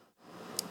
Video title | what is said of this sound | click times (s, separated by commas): CANON PRO 2000 & 4000 ERROR EC15-2E23 FIX & REPAIR STEP BY STEP TUTORIAL - CUTTER BLADE REPLACEMENT | just kind of snap in and this little piece will lock blck | 0.6 s